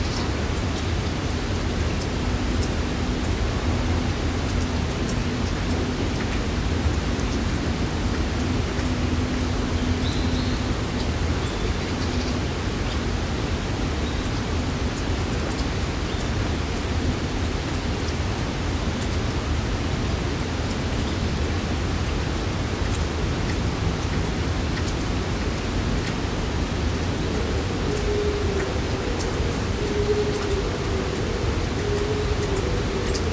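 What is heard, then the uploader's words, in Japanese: A forest in snowmelt heard from a home balcony: a steady, dense wash of rushing, dripping sound with a deep low rumble underneath that never lets up. A faint hum drifts through early on and again near the end. 冬の森の声。珍しく雪が積もりました。家のバルコニーから、雪解けの森の声をお届け。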